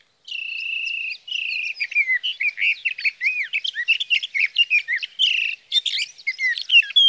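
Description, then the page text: Sage thrasher song opening with a sustained whistled tone, then a fast mix of warbles, slurs and squeaky notes that continues throughout. Song of a male, recorded through three nights from June 12 evening to June 15 morning, 2018, near his night roost in Sierra Valley, California, with a Swift recorder; night songs. "61. Sage thrasher songs, through the night."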